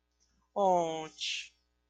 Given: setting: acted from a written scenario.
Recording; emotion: vocal sound without words; romantic love